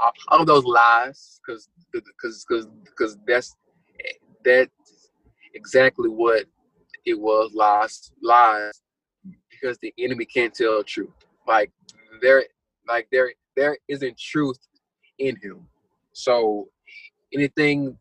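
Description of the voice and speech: Man speaking with repeated words and phrases, broken pauses and a stretched sound: stuttered speech, a fluency disorder he has had since growing up.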